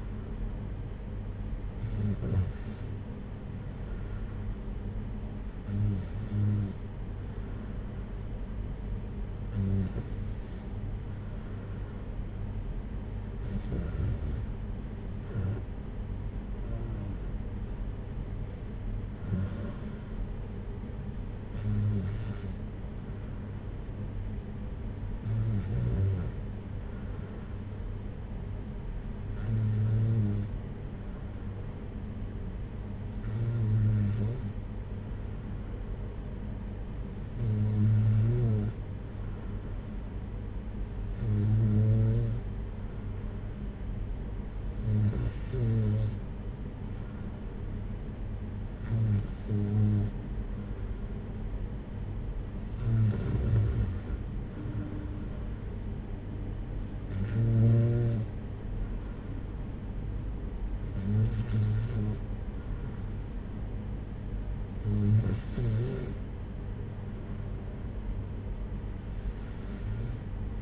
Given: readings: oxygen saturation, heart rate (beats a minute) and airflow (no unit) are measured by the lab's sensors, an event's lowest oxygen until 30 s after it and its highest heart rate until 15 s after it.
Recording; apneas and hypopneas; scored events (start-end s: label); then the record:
breathing in sleep by a smartphone at the bedside; none
none scored
From the record:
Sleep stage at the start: N2 (light sleep); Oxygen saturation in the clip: 93 to 94%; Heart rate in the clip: 55 to 62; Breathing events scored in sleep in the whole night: 226 in 8.8 hours asleep